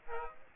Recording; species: mosquito wingbeat signal from an infrared sensor; Aedes aegypti